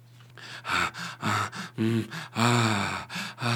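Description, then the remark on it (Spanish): Heavy, rhythmic panting into a telephone by a man who has dialed a random number: about eight loud, breathy, partly voiced gasps in quick succession, each rising and falling, with a low steady hum underneath and no words. “Así que marqué un número al azar y me puse a jadear como un loco, intentando recuperar los años perdidos.”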